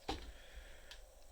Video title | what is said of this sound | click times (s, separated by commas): Transformers War For Cybertron: Siege - WFC: S-40 Galaxy Upgrade Optimus Prime | And while keeping that bit forward, we're going to rotate this all around, and it comes out a little bit further until it clicks. | 0.9 s